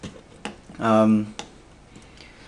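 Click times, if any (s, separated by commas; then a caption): 0.4 s. The detachable top cap of a plastic Mophie Juice Pack Air phone battery case is pushed onto the case body, where a raised ridge engages an indent. It locks in with one sharp snap at 0.5 s, followed by a brief voiced hesitation around 1.0 s and a fainter tick near 2.2 s. Someone talks, and the top cap is seated and locked in place.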